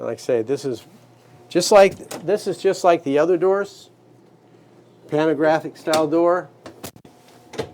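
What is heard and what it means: Someone talks while handling the pantograph-style watertight door on a 2020 Endurance E658 yacht, working its latch toward the frame. A quick run of small, sharp handling knocks follows near the end, from about 6.7 to 7.5 seconds. Nothing has seated or clicked yet, and the latch has not locked in place.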